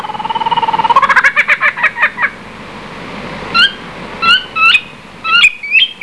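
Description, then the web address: Lyrebird song: a fast trill that rises and breaks into slower descending notes, then clear upslurred whistles repeated at short intervals. "coenelemans lyrebird"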